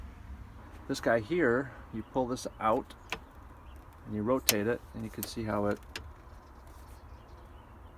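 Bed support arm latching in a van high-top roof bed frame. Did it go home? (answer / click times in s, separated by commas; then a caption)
no / none. Someone talks while the pull-out support arm under the high-top upper bed of a 1987 Vanagon Syncro is pulled out and rotated so it will lock the bed support in place, with a few faint knocks from handling the frame. Nothing has seated or clicked into place yet.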